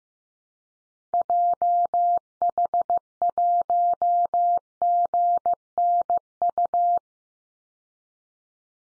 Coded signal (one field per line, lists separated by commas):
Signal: Morse code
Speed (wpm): 15 wpm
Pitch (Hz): 700 Hz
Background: none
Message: JH1GNU